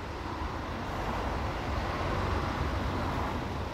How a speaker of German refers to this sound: Die Pfotenhauer Straße in Dresden-Johannstadt. Der Verkehr der neuen Waldschlösschenbrücke stört die Krankenhausruhe.